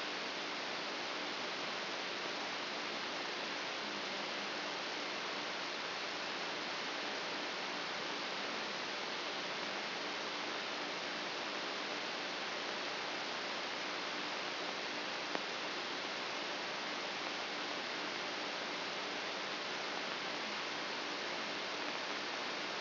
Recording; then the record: brain microelectrode recording played as sound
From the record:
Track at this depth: inside the subthalamic nucleus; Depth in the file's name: 2.036 mm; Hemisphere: left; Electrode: 3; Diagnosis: Parkinson's disease